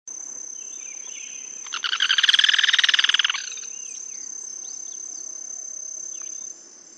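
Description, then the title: Yellow-chinned spinetail song, a loud rapid pulsed rattle lasting nearly two seconds, over a steady high insect whine. Subspecies Certhiaxis cinnamomeus russeolus, assumed from the recording location. "LuckyPassaro Completos2Sama. Yellow-chinned Spinetail (Certhiaxis cinnamomeus russeolus (ssp assumed from location))"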